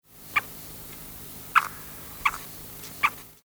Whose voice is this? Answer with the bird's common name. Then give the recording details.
Guira Cuckoo. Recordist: Tembrock, Günter. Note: Kurzlaute mit Futter im Schnabel